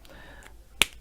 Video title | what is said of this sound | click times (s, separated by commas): Swatching and Review of Blick Studio Brush Markers | There is a really nice click, but yet they're easy to get off. | 0.8 s